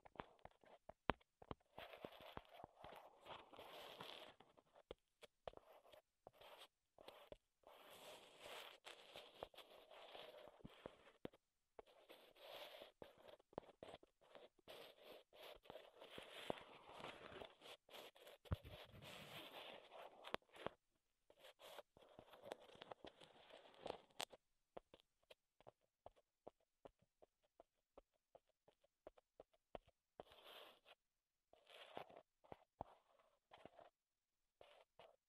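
Wooden ASMR triggers: dense bursts of scratching and scraping across wood, with sharp clicks and taps scattered throughout. The rubbing comes in busy stretches broken by short pauses, thinning out after about twenty seconds into sparser, irregular scrapes and knocks.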